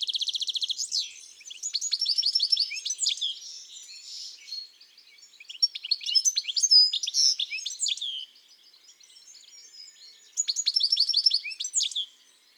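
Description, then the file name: European goldfinch song: rapid tinkling, twittering phrases with buzzy trills, delivered in bursts separated by short pauses, high and clear with no other sounds. Garden bird. "Chardonneret elegant"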